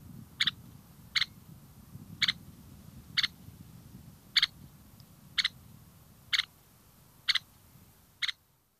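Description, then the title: Red-necked Phalarope uttering brief, sharp, high-pitched ticks roughly once a second, nine in a row, before falling silent. "Vesipääsky"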